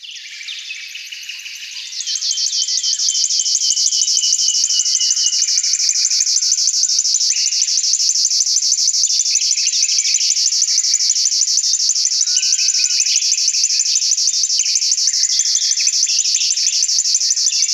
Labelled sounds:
River Warbler song

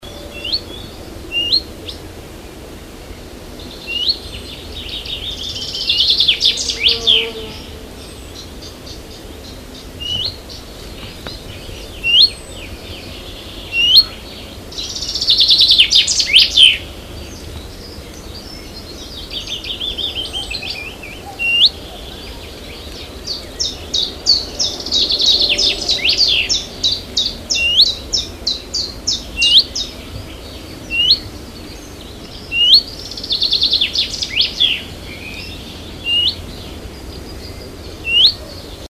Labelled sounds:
Willow Warbler call

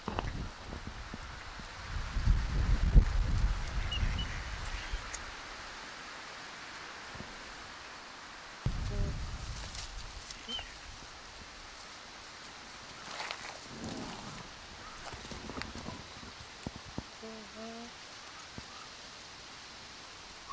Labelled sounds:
Hawaiian Goose call

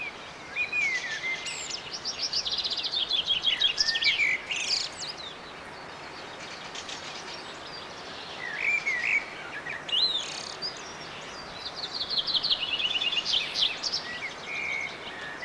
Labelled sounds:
Common Chaffinch song

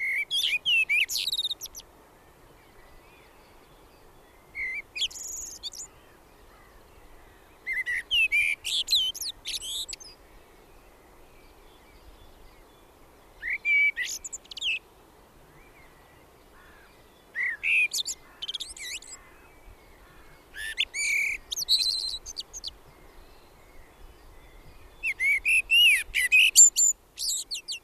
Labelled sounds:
Common Blackbird song

